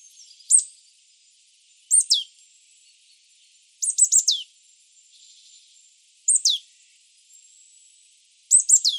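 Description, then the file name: Marsh tit repeatedly calling: five quick groups of sharp, high, descending notes about every two seconds, over a faint steady high-pitched tone. "Poecile palustris"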